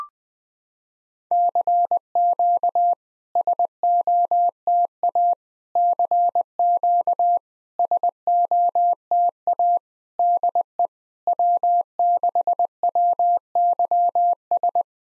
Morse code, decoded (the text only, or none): CQ SOTA CQ SOTA DE W6WYS